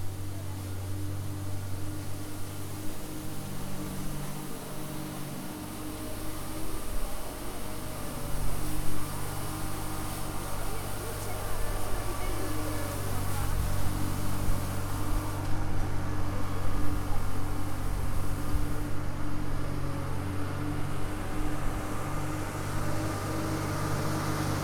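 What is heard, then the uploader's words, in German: A street sweeper works steadily behind a station, its engine a constant low drone with a whining hum and brushing hiss layered on top. The noise swells slightly after about seven seconds and stays dense throughout, with faint voices possibly mixed underneath. Eine Kehrmaschine hinter dem Bahnhof in Fürth. Viel Kinder auf dem Weg in den Kindergarten und in die Schule und eine Kehrmaschine, die um die selbe Uhrzeit aktiv zu werden scheint.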